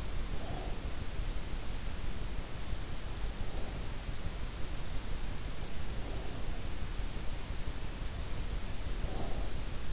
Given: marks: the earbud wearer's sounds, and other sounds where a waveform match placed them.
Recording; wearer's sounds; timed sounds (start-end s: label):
sounds in sleep by an in-ear microphone; breath
0.00-0.88 s: breath
8.91-9.88 s: breath